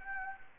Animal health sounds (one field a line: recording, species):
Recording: mosquito wingbeat signal from an infrared sensor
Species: Anopheles gambiae